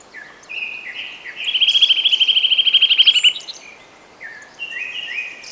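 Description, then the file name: Eurasian nuthatch giving a fast, even trill of high piping notes lasting nearly two seconds, with fainter bird calls before and after. "Sitta europaea"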